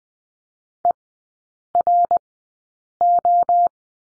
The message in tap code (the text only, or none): none